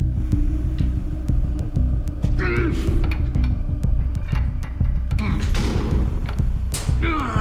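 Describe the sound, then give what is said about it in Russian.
A round door handle with levers on a broken lock is turned in one direction, giving sharp metallic clicks and dull thumps with a few scraping, grinding bursts over a steady low rumble. “Выдыхает и принимается крутить круглую ручку двери с рычагами в одну сторону.”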